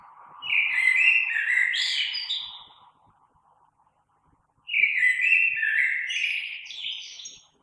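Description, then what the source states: Common blackbird song: two rich, fluting warbled phrases ending in higher squeaky twitters, separated by a pause of about two seconds. Recorded 3 March 2020.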